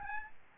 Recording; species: mosquito wingbeat signal from an infrared sensor; Aedes albopictus